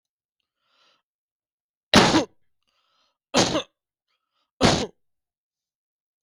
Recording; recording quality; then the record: heavy voluntary cough; excellent, no background noise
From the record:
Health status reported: healthy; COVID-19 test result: not tested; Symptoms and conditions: cold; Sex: male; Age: 40 years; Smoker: not ticked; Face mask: worn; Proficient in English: yes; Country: India